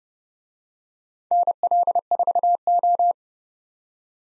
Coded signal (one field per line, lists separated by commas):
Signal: Morse code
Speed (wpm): 30 wpm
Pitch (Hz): 700 Hz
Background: none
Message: NL4O